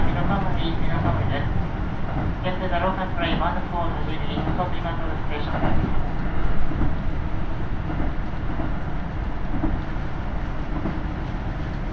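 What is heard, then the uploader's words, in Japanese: Ride aboard a KiHa 75 diesel railcar on the Taita Line, with a steady low rumble of the engine and running gear filling the whole twelve seconds. Voices talk intermittently over it, most clearly between about two and seven seconds. 耳で楽しむ鉄道旅 太多線 美濃太田→多治見キハ75。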